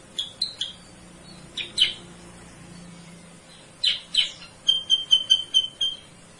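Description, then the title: Sooty-headed bulbul song: scattered sharp chirps, then a quick series of thin, high, even notes near the end. Masteran, a training recording for cage birds; used as a lure sound (suara pancingan). "Masteran Kutilang Sutra. suara pancingan kutilang sutra"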